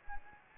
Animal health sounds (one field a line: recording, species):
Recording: mosquito wingbeat signal from an infrared sensor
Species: Anopheles gambiae